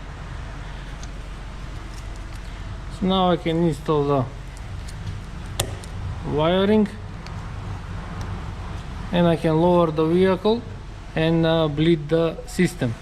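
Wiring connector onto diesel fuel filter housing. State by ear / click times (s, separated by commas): seated / 5.6 s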